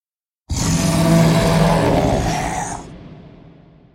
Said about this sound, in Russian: Полный злости и боли рев огласил округу. Похоже, стреляли по твари метко.